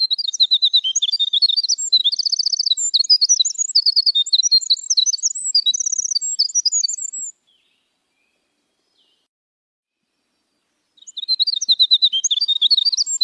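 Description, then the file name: Eurasian skylark song, a fast unbroken stream of high chirps, trills and rapid repeated notes, stopping for a few seconds of silence before resuming. "Canto da cotovia dos campos"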